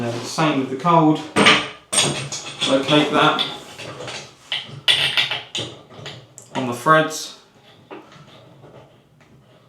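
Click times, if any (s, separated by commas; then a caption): none. Someone talks while a cold flexible tap connector is located on the threads of a supply pipe fitting, with short handling knocks around 4.5, 5.2, 6.1 and 6.4 seconds. The clip ends before the connector is pushed home, so nothing has seated or clicked yet.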